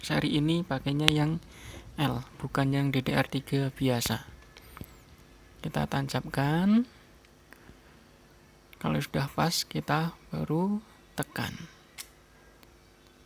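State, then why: Not seated. A DDR3L RAM module is plugged at an angle into the memory slot of an Asus X453S laptop and lined up before being pressed down, while someone talks. A few faint, short taps and clicks of handling sound between the stretches of speech. Nothing has seated or clicked yet.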